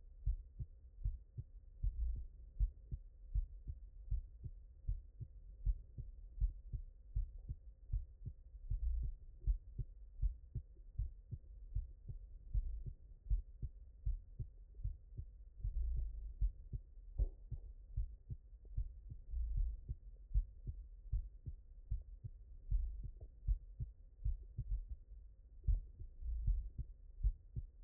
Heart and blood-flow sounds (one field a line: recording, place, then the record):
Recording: heart sounds by stethoscope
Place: mitral valve (MV)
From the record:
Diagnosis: non-HFrEF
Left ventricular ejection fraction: 64%